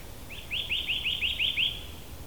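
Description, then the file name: Eurasian nuthatch uttering a brief rapid series of about eight upslurred whistled notes, evenly spaced, over soft background hiss. "Sitta europaea"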